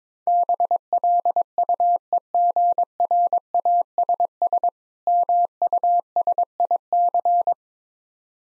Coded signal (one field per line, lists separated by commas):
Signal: Morse code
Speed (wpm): 22 wpm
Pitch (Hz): 700 Hz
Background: none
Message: BLUEGRASS MUSIC